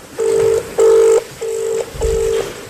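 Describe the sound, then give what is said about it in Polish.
A phone call to a former minister goes unanswered: four steady electronic ringback tones, each lasting about half a second with short gaps between, a mid-pitched pattern repeating evenly with no voice answering. “Wczoraj przewodnicząca komisji Małgorzata Wasserman do byłego ministra próbowała się dodzwonić.”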